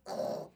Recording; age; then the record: pig call; piglet (1 to 25 days)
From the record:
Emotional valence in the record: negative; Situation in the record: restrain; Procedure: back test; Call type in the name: low-frequency call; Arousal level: low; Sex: female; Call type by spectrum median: low-frequency call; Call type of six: low-frequency stable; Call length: 0.55 s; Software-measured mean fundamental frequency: 55 Hz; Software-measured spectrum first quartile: 512 Hz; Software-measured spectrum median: 638 Hz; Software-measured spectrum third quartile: 1083 Hz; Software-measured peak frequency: 593 Hz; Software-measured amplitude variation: 202 dB a second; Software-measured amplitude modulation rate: 25.4 a second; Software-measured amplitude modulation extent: 8.0 dB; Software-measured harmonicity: 3.7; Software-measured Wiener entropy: -0.64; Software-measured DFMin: 1652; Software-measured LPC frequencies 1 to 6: 601, 2805, 4118, 4573, 5528, 6935 Hz